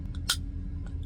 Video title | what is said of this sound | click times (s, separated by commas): Game changer for my smile! | You hear a pop. | 0.3 s